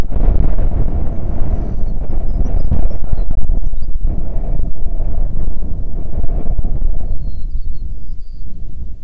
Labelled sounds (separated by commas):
songbird, wind